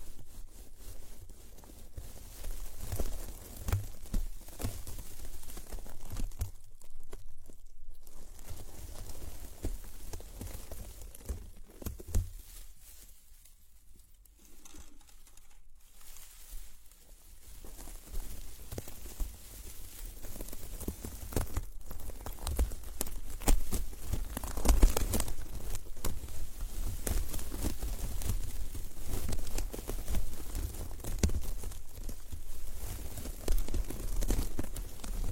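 Plants are rubbed and circled around the ears, giving a dense, crackling rustle with soft tearing and patter sounds. The texture swells and fades in slow waves, with brief quieter gaps near 7 and 14 seconds, over a steady low rumble.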